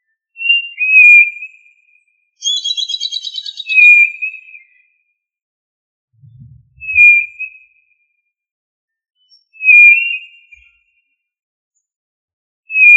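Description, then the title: Tinamou calls: short pure whistles repeated every few seconds, with a brief buzzy trilled sound early on and a soft low thump midway. "Familia Tinamidae - Quail - Puyuh"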